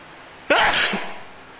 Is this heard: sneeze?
yes